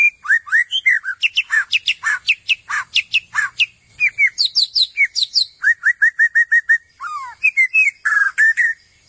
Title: Murai Batu